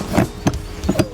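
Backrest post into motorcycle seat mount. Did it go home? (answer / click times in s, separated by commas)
no / none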